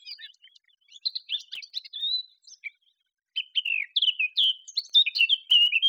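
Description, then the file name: Eurasian blackcap song: rapid chattering warble breaking off briefly, then resuming louder with bright fluty, downslurred whistles. "Sylvia atricapilla"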